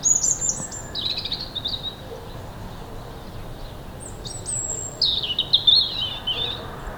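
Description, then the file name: European robin song: a high, thin phrase of sliding whistles and twitters for under two seconds, a pause, then a second sparkling warbled phrase, over steady low background hiss. "Erithacus rubecula"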